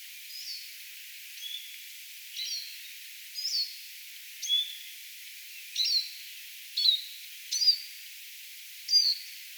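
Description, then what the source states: Eurasian siskin flight calls: a series of high, thin notes, each falling in pitch, over a light background hiss. Several siskins flying around, recorded on 18 April 2025.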